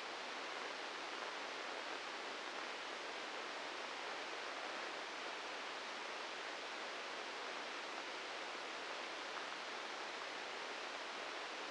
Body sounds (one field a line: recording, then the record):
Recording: brain microelectrode recording played as sound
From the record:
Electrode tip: inside the subthalamic nucleus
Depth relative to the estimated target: 2 mm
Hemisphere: right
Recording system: NeuroSet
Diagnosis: Parkinson's disease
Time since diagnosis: 10 years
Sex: male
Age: 56 years